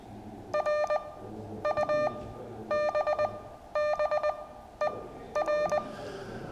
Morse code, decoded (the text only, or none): RUBBER